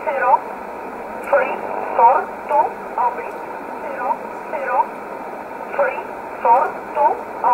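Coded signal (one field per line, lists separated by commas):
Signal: numbers station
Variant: E11 Oblique, English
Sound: short, evenly spaced spoken words, likely numbers, in a thin radio voice over hiss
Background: radio static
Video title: 24 06 2020 E11 Oblique Numbers station in English 0746 on 15720 unknown tx site in USB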